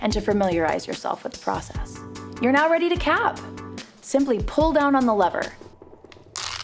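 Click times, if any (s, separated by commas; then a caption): 6.4 s. Someone talks over background music, then the lever of a capping press is pulled down, pressing caps onto a tray of 50 vape cartridges at once. A sharp click at 6.4 s, followed by faint rattles, signals that the caps have seated.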